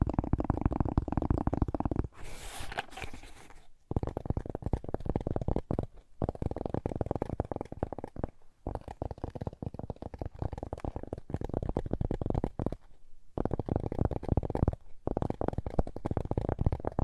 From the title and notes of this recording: ASMR 1 Hour Fast Tapping for Sleep (No Talking).